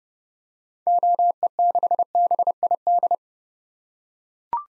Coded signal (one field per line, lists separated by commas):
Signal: Morse code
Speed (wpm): 30 wpm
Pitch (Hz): 700 Hz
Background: none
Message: OE6BID